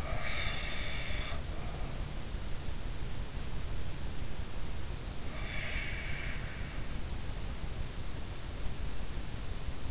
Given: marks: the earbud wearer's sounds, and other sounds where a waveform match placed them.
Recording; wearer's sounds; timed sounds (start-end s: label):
sounds in sleep by an in-ear microphone; breath
0.00-2.04 s: breath
5.39-6.43 s: breath